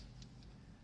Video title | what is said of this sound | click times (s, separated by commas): MADDY BURCIAGA - 12 Décembre 2023 | directement sur le petit socle ça vient hop se clipser et | 0.2 s